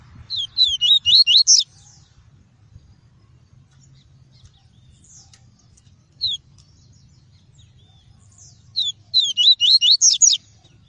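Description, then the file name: Double-collared seedeater song: a quick burst of sharp, twittering high notes, then silence, then another burst near the end; faint low rumble underneath. Song of the "tui-tui" variety. "canto do papa capim tui tui"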